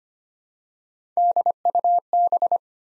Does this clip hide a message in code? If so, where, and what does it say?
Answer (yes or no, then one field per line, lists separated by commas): yes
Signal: Morse code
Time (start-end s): 1.2-2.6 s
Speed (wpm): 25 wpm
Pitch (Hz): 700 Hz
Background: none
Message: DUB